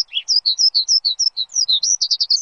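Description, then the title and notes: Bird song, a lively, rapid run of clear high whistled and slurred notes. Bird chirping used to train pet birds. "Suara Burung. Suara Kicauan Burung untuk memaster burung kesayangan"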